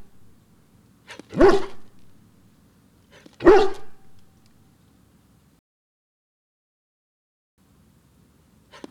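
Large dog letting out two heavy, booming barks two seconds apart over a low rumbling hum, then a quiet stretch.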